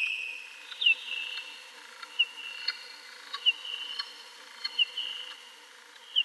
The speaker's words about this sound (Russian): Вот, и чтобы услышать, чтобы тоже разобрать песни летучих мышей, ученые очень подолгу слушают замедленные версии их песен.